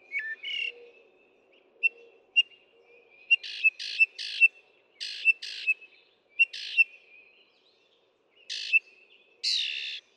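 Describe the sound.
Northern mockingbird song: scattered sharp chips and short buzzy notes repeated irregularly, with a steady high faint tone behind, ending in a harsh burst.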